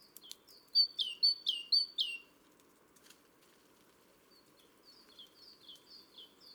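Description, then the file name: Great tit song: a quick run of loud two-note phrases, a high whistle dropping to a lower note, repeated several times, then softer similar phrases later over low background noise. "Parus major"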